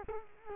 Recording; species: mosquito wingbeat signal from an infrared sensor; Culex quinquefasciatus